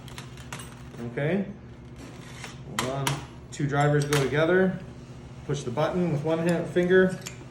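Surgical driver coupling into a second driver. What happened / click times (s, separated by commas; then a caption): Two metal drivers handled, not yet engaged / none. Two metal surgical drivers for a Vipers 2 MIS spinal surgery setup are handled as one is brought up to couple into the other while a button is held down with one finger, giving short metallic taps and clinks between stretches of speech. Someone talks throughout. Nothing has clicked or seated yet by the end of the clip.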